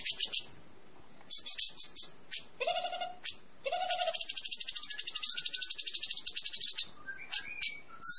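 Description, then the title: Grey-cheeked bulbul singing in scratchy high chatter, broken by short low whistles, then a long fast trill of rapid notes before more scattered chirps. Vigorous, sustained singing (described as 'gacor panjang'). "Suara Burung Cucak Jenggot Gacor Panjang"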